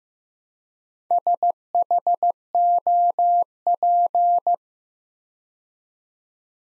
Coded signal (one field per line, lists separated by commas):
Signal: Morse code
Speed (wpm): 15 wpm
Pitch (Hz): 700 Hz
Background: none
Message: SHOP